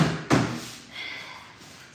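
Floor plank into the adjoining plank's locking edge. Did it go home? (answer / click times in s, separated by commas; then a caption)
no / none. A laminate floor plank is pushed against the adjoining plank's locking edge. There is a low thud at the start, then a sharp broadband knock at about 0.3 s that fades into soft rustling. The plank fails to lock, and nothing has clicked in yet.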